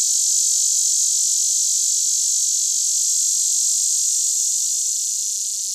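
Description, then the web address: Lyric cicada singing a sustained shrill buzz that stays even and unbroken, easing very slightly in loudness toward the end. Recorded in North America. "Songs of Insects. Lyric Cicada"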